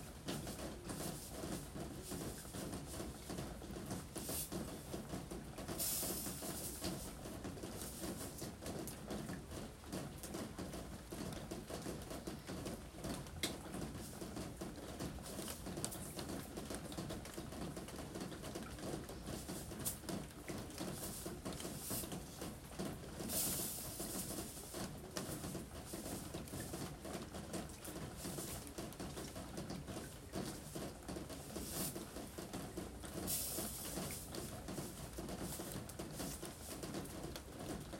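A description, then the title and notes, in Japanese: Harvested vegetables are readied for shipping under the entrance eaves amid a steady, dense low rumble, with brief bright rustles around 6, 23 and 33 seconds. 玄関の軒下で、収穫してきた野菜たちの出荷準備をしています。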